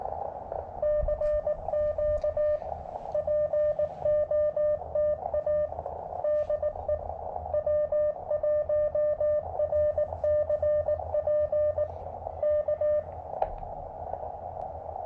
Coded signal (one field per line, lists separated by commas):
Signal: Morse code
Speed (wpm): 18 wpm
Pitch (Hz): 600 Hz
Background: radio noise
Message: CQ POTA DE W1RCP K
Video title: Will It POTA? - Field Testing the DIY Elecraft AX2 Style Short Base-Loaded Vertical Antenna on a KX2